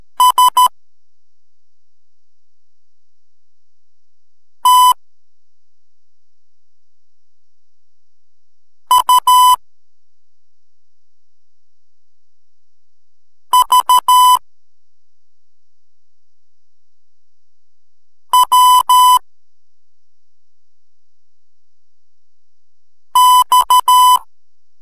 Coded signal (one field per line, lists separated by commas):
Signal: Morse code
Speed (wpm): 13 wpm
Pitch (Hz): 1000 Hz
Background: music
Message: S T U V W X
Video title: MORSE CODE TUTOR G8OTA